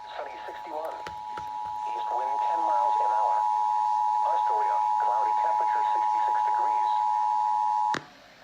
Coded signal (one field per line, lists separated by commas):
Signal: Emergency Alert System (SAME) tones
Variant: 853 and 960 Hz attention tone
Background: speech